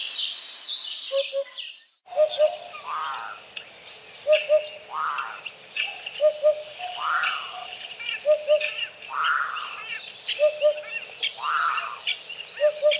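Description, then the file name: Eurasian hoopoe giving soft, low paired hoots, repeated at intervals among busy songs of other birds and louder rising calls. "dudek"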